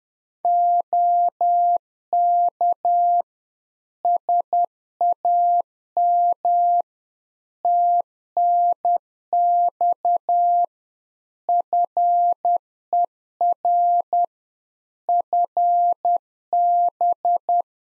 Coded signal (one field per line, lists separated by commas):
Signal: Morse code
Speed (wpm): 10 wpm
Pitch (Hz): 700 Hz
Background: none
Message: OK SAM TNX FER FB